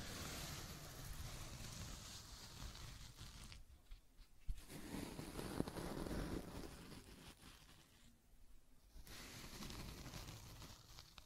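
Scratching and tracing sounds form a dense, steady hiss, dropping out briefly near four and eight seconds, with faint lower scraping in between.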